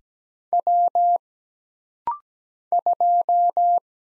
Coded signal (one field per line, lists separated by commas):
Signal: Morse code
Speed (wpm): 17 wpm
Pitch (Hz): 700 Hz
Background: none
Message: W 2